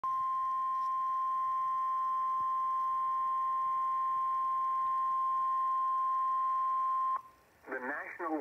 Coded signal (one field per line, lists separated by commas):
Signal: Emergency Alert System (SAME) tones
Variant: 1050 Hz attention tone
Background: speech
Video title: EAS #1,287 Online NOAA Weather Radio Severe T’storm Warning #2 5/13/24